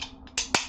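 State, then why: Seated. An Inception 12-round extended base plate adapter is slid onto the body of a 12-round pistol magazine for a P365 X Macro, after a 1/8 Allen key pushes the retaining plate down. A faint tick comes at 0.3 s, then two sharp snaps at 0.4 s and 0.6 s as the adapter locks into place. The adapter is seated.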